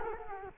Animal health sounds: mosquito wingbeat signal from an infrared sensor; Culex quinquefasciatus

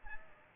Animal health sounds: mosquito wingbeat signal from an infrared sensor; Aedes aegypti

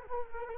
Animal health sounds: mosquito wingbeat signal from an infrared sensor; Culex quinquefasciatus

